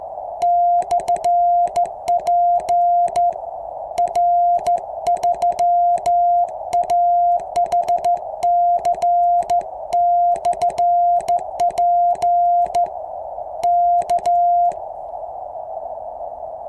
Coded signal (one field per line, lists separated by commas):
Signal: Morse code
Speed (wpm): 14 wpm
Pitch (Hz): 700 Hz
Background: none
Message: /P R3AHC/P K